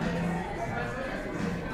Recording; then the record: background sound without coughing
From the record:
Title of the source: 60 minutes of coffee shop sounds for study and concentration